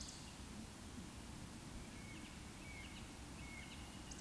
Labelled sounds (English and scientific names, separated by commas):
Eurasian Woodcock (Scolopax rusticola) whistle